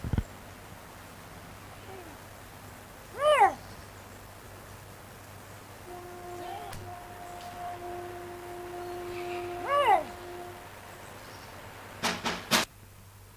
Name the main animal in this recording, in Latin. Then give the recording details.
Lynx lynx. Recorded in captivity. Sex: male. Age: adult. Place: Zoo Rostock, Mecklenburg-Vorpommern, DE. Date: 1984-02-04 13:21. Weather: overcast, 3-6°C. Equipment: Nagra SN, Kopie Uher 4000 Report Monitor. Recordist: Tembrock, Günter